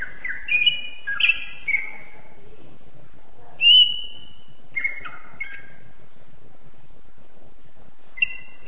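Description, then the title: Greater green leafbird song: scattered whistled notes and short warbled phrases separated by gaps, one clear drawn-out whistle in the middle. Champion songbird. "Kicau Burung Cucak Ijo Juara"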